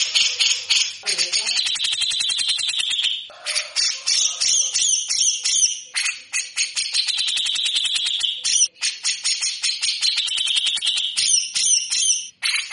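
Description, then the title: Grey-cheeked bulbul producing dense, harsh rattling phrases with quick chips, in several long bursts separated by short pauses. Bird singing actively (gacor) for cage-bird training (masteran), full of harsh rapid chatter (besetan kasar). "MASTERAN CUCAK JENGGOT GACOR FULL BESETAN KASAR DURASI PANJANG"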